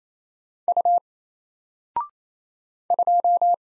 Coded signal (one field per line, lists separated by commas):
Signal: Morse code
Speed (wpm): 27 wpm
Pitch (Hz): 700 Hz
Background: none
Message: U 2